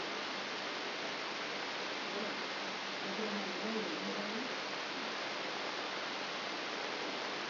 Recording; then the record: brain microelectrode recording played as sound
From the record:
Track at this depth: inside the subthalamic nucleus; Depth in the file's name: 4.502 mm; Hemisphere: left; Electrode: 3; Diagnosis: Parkinson's disease